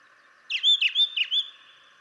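Brown Thrasher song, a short run of three or four quick whistled slurred notes repeated in a row, lasting about one second.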